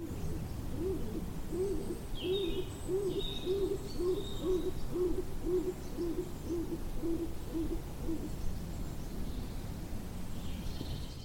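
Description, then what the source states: Stock dove calls: a run of short, low, hollow coos repeated about twice a second, with faint higher bird calls in the background. Described as a funny little noise; the least known pigeon, much declined in Britain.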